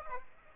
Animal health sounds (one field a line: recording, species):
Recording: mosquito wingbeat signal from an infrared sensor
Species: Aedes aegypti